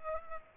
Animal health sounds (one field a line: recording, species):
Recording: mosquito wingbeat signal from an infrared sensor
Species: Culex pipiens